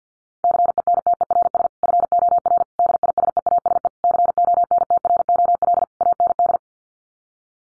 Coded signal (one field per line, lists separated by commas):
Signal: Morse code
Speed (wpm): 49 wpm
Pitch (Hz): 700 Hz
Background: none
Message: CENTERS FOR DISEASE CONTROL AND